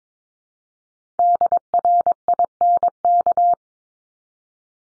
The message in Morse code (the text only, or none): DRINK